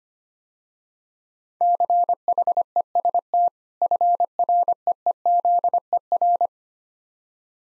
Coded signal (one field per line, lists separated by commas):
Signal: Morse code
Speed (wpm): 26 wpm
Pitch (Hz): 700 Hz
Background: none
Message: CHEST FREEZER